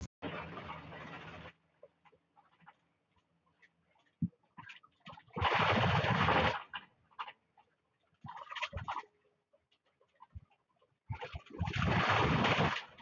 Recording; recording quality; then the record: shallow breathing; excellent, no background noise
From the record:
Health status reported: healthy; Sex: male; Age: 29 years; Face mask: worn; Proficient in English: yes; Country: India